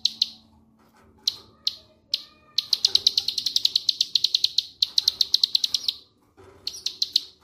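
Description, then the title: Bird song: scattered sharp high chirps building into a quick rhythmic series, broken by short pauses. "Kicau Burung"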